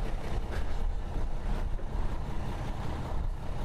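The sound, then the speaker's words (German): A city bus rumbles along the street, its deep engine drone steady and loud beneath a broad wash of road hiss, with no voices. “So spannend ist so ein Bus nicht.”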